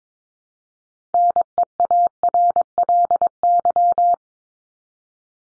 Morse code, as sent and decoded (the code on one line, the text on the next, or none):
-. . .- .-. .-.. -.--
NEARLY